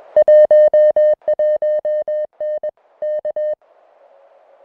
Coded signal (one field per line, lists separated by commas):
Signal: Morse code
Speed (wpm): 21 wpm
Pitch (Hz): 590 Hz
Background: music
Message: 11N K